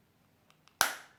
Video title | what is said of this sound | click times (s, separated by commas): Ram 3500 Key Fob Battery Replacement (2019 - 2021) | until we hear a pop and you can see that the left side is starting to come off now | 0.8 s